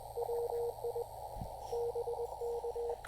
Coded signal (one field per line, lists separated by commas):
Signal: Morse code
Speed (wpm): 20 wpm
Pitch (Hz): 470 Hz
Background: radio noise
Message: WI BK